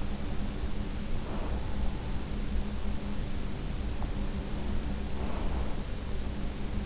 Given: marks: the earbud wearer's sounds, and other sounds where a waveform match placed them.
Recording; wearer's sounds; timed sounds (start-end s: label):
sounds in sleep by an in-ear microphone; breath
1.20-2.04 s: breath
5.17-5.91 s: breath